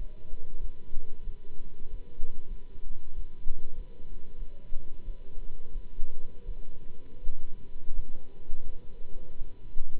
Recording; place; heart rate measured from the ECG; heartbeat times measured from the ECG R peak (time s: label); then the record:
heart sounds by stethoscope; between the tricuspid and mitral areas; 89 bpm
0.58 s: heartbeat
1.23 s: heartbeat
1.89 s: heartbeat
2.46 s: heartbeat
3.14 s: heartbeat
3.74 s: heartbeat
4.37 s: heartbeat
5.04 s: heartbeat
5.71 s: heartbeat
6.44 s: heartbeat
7.21 s: heartbeat
7.92 s: heartbeat
8.62 s: heartbeat
9.35 s: heartbeat
From the record:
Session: Bruce protocol treadmill stress test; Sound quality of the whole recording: good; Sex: male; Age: 26 years